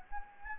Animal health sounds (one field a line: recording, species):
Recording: mosquito wingbeat signal from an infrared sensor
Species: Anopheles gambiae